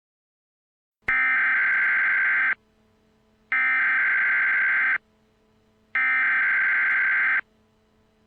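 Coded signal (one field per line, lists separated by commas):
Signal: Emergency Alert System (SAME) tones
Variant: header bursts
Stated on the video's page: Remake of National Weather Service EAS tornado emergency alerts for an EF-3 tornado in Pasadena and Deer Park, Harris County, Texas.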